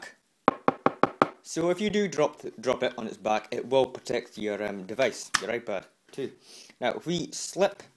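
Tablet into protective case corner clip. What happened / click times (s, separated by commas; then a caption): Handled, not yet home: tablet not yet snapped into case / none. An iPad 2 is handled next to a Konnet ExeCase plastic folio case, about to be slipped in and pressed into a corner clip. Five sharp knocks sound at 0.5, 0.7, 0.9, 1.0 and 1.2 seconds, then someone talks for the rest of the clip. Nothing has seated or clicked into the case yet.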